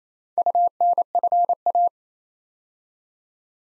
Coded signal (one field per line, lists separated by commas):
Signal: Morse code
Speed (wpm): 27 wpm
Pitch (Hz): 700 Hz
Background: none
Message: UNFA